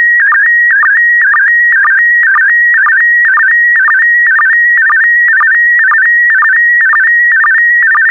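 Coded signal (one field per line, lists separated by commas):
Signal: SSTV (slow-scan television)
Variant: PD120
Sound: steady whistling tone with warbling dips and a short low blip about twice a second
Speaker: complete. You can now check your decoded image against the picture that is shown on the video.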